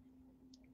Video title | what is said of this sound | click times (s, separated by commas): Shields Live! Get to Know the Brother BQ950 Sewing Machine May 11, 2023 | And remember, if you put it down and twist it, listen carefully, it actually snaps into place. | 0.5 s